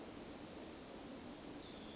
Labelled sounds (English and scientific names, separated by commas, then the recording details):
Yellowhammer (Emberiza citrinella) song
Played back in forest
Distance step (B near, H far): G
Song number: 122